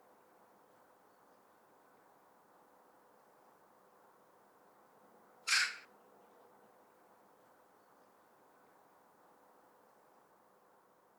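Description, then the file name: Eurasian magpie giving a single harsh, rasping chack note once midway, otherwise a quiet steady background hum. "Pica pica"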